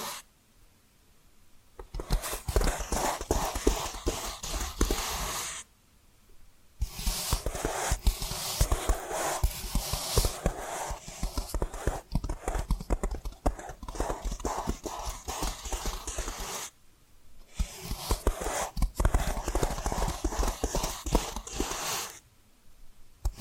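Dense, quick tapping and scratching fills the clip, a steady clatter of crisp, bright strikes with a hissy scraping texture beneath. It runs in bursts, broken by short silences near 2, 6, 17 and 22 seconds, then resumes at the same busy pace.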